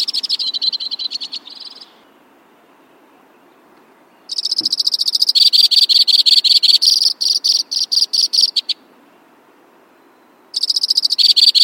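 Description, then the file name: White-winged crossbill song: bursts of fast, dry trills at varying speeds, broken by two pauses of a couple of seconds each. "suara-kicauan-burung-white-winged-crossbill 3-omkicau"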